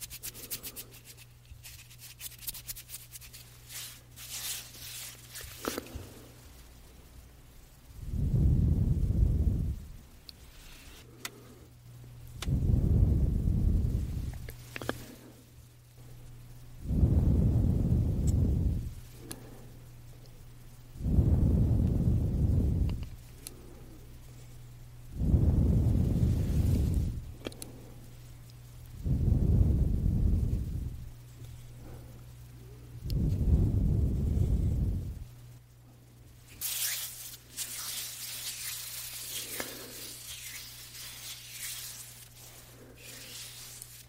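Hand sounds and ear blowing: light crackly rubbing opens the clip, then seven deep, airy blowing gusts arrive about every four seconds, each lasting roughly two seconds. A steady low hum runs underneath, and a bright brushing rustle returns near the end.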